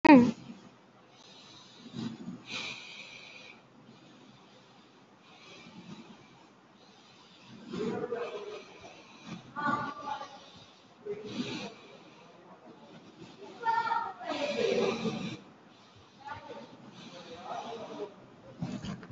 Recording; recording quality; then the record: deep breathing; excellent, no background noise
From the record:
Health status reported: COVID-19 positive, moderate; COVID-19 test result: positive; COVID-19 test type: RT-PCR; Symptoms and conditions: cough, cold, breathing difficulty, sore throat, fever, fatigue, muscle pain, loss of smell and taste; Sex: male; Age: 32 years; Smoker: no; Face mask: worn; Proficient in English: yes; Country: India